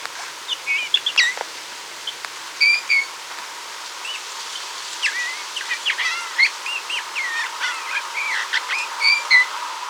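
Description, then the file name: Eurasian bullfinch calls: soft short whistled notes, then a busy run of quiet twittering notes through the middle and end. "Pyrrhula pyrrhula"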